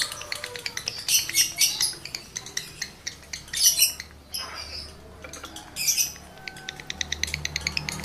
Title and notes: Birahi Lovebird Jantan ke Gacor. Pancingan Suara Lovebird jantan birahi ini sangat manjur untuk burung Lovebird Anda